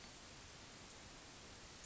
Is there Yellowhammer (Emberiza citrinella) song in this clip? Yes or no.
no